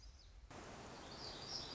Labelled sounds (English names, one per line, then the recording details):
Black-throated Gray Warbler
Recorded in Sonoma County, California